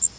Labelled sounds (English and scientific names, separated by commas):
Yellow Warbler (Setophaga petechia) flight call